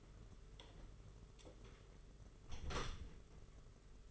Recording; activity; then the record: daily activity, microphone in the room; close door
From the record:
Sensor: 4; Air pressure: 992.4 hPa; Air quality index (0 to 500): 114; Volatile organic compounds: 22 ppm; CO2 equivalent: 2741 ppm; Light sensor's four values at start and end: 21/74/27/28 and 21/75/27/29